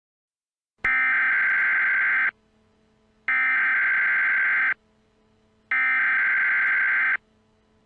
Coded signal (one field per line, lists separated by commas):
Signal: Emergency Alert System (SAME) tones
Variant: header bursts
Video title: EAS Scenario - Lights Out - 20 Subscriber Special!